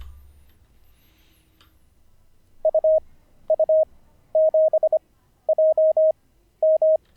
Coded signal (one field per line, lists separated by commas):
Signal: Morse code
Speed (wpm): 25 wpm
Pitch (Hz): 630 Hz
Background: none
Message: UU7JM